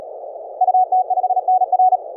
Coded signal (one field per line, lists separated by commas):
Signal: Morse code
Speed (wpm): 37 wpm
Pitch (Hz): 740 Hz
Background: none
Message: UT5NR